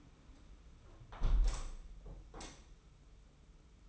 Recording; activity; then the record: daily activity, microphone in the room; close window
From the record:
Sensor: 1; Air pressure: 991.3 hPa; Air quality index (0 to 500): 105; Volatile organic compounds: 80 ppm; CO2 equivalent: 3606 ppm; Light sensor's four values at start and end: 38/118/46/48 and 37/116/46/47